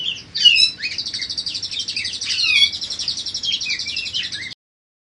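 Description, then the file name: Budgerigar chattering warble of high buzzy trills and sharp chirps, with a short falling squeak, running continuously before stopping abruptly near the end. Song containing mimicked calls of cililin, serindit (blue-crowned hanging parrot) and gereja tarung. "parkit isian cj lb cililin serindit gereja tarung"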